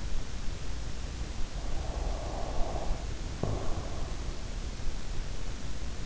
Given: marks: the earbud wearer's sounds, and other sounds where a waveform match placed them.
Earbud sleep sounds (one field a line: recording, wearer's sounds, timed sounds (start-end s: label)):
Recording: sounds in sleep by an in-ear microphone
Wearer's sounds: breath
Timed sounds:
1.46-4.40 s: breath